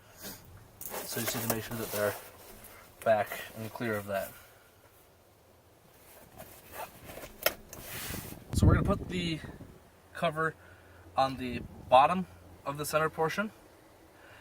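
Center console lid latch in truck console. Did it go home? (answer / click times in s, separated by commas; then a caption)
yes / 7.5 s. With the TigerTough seat cover material moved clear of the latch, the plastic center console lid in a RAM truck is closed and latches with a sharp snap at 7.5 s. The cover has to be kept clear of the latch, or the lid won't latch. Someone talks before and after the latch.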